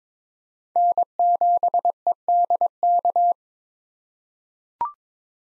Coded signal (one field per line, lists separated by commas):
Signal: Morse code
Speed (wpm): 22 wpm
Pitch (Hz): 700 Hz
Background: none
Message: N7EDK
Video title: 2023 SOTA Chaser Call Signs - 22wpm